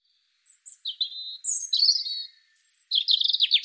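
European robin singing varied phrases, with thin high whistles, sliding notes and a fast rattling trill at the end, no other sounds.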